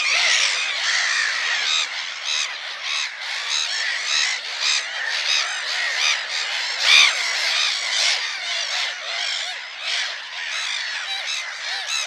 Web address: Schulze Peter Black-headed Gull